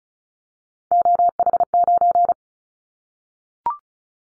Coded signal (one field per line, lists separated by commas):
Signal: Morse code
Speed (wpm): 34 wpm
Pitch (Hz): 700 Hz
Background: none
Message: OH9